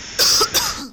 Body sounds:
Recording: coughing mixed with background sound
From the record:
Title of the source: November cold (wet coughing)

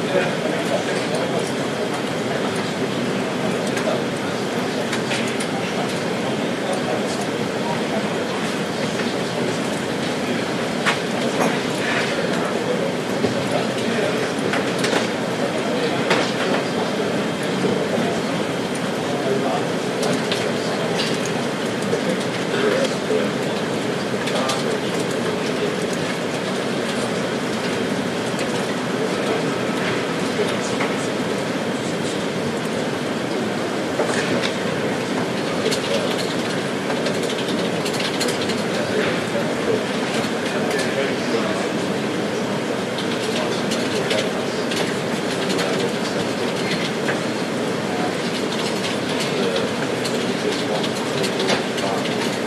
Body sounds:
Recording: background sound without coughing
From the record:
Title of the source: Office Sounds Ambience - Background Noise for Study and Work

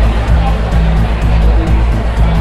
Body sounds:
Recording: background sound without coughing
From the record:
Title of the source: Party Noise 1 Hour Party Ambience

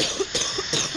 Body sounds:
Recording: coughing mixed with background sound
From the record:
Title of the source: Wet coughing

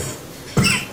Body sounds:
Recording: coughing mixed with background sound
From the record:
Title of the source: Mid-morning Winter Coughing Fit

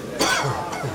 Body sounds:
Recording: coughing mixed with background sound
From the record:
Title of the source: Dry Coughing Fit in the Afternoon.

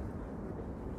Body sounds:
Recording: background sound without coughing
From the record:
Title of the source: Train Ride Ambience ambient white noise for sleeping, focus, studying, reading

